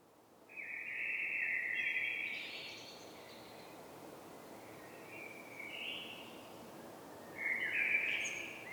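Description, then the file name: Common blackbird song: a fluted phrase, a softer middle passage, then another warbled phrase near the end, with light background hiss. "Turdus merula"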